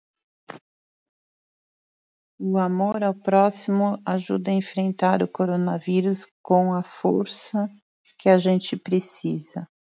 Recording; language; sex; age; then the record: spoken sentence; Brazilian Portuguese; female; 50 to 59 years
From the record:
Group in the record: control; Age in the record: 53 years